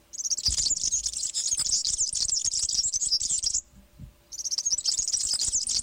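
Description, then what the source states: European serin song: a long, fast, jingling stream of high, metallic, buzzy notes, briefly pausing, then resuming. Metallic-sounding song; males begin singing in January and February as breeding starts, singing from treetops, issuing challenges and staying very close to people.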